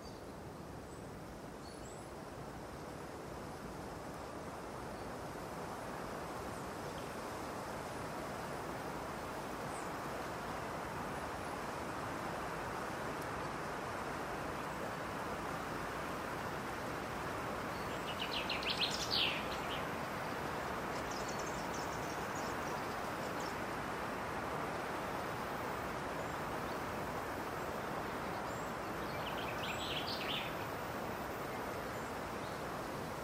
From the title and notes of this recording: Sounds of Nature: A Green Forest in Spring. An aural exploration of a lush green forest in spring, from morning until night. There will be wind, birds, and the rustling of leaves and trees.